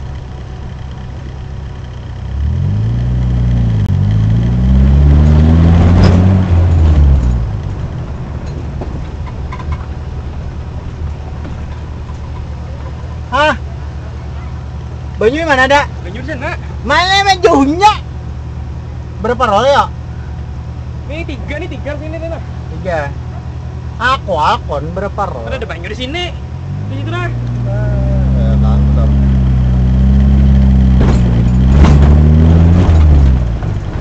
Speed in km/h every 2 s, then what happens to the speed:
7, 8, 20, 34, 27, 13, 5, 0, 0, 2, 0, 0, 0, 0, 0, 0, 16.
0-5 speeds up to 34. 7-13 brakes to 0. 13-29 standing. 29-34 pulls away to 16.